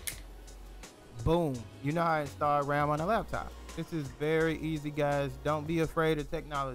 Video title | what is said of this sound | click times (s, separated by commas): How to Install RAM in a Laptop (Easy Step-by-Step Guide) | up the notch correctly push it in there not too much pressure and push down until you hear a click boom | 0.1 s